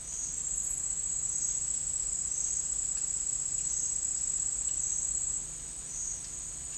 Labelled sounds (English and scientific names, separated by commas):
none